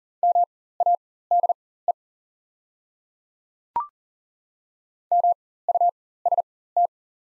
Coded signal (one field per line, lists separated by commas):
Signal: Morse code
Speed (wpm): 37 wpm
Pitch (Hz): 700 Hz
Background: none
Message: MADE MUST